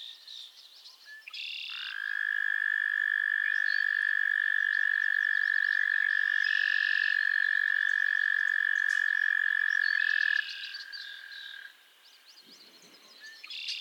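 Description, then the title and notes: Frog trills building after a quiet start into a sustained, level, high-pitched drone lasting about eight seconds. It cuts off, and fainter overlapping trills and brief buzzy notes remain. A chorus of frogs calling to one another on a summer evening at Miners Marsh, Annapolis Valley, Nova Scotia. "Theraphonia - Frogsong at Miners Marsh. A chorus of frogs croon to one another on an idyllic summer evening in Miners Marsh, Annapolis Valley, Nova Scotia"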